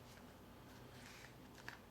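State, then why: Seated. The silicone nasal pillows cushion of a Fisher & Paykel Pilairo CPAP mask is worked and pushed back onto the mask's plastic frame, with soft rubbing and handling noise throughout. A single short, sharp pop at 1.7 s marks the cushion seating onto the frame.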